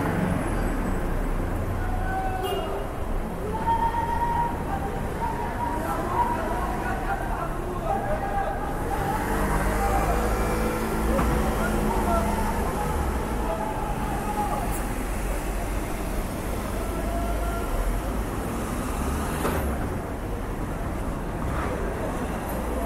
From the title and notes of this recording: City ambience sounds. You will hear sounds of traffic, birds, and the occasional person talking.